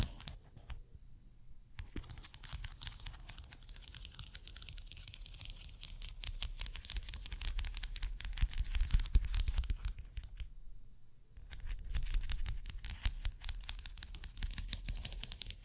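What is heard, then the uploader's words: Pencils, studs and ceramic pieces are handled, making a dense run of quick, bright clicks, scrapes and rattles. The activity pauses briefly near the start and again around eleven seconds, then resumes just as busily. ASMR 3 EXTREMELY TINGLY ITEMS（No Talking） pencils, studs, ceramic.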